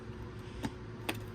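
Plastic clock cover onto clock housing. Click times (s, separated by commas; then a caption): 0.6 s, 1.1 s. A plastic clock cover on a 1998–2002 Subaru Forester is lined up with its locating holes and pressed on from the top down onto the clock housing. Two sharp plastic clicks are heard at 0.7 s and 1.1 s against a low steady hum, and the cover seats back into place.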